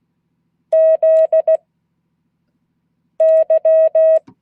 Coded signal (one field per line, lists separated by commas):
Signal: Morse code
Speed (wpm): 16 wpm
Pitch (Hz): 640 Hz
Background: none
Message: ZY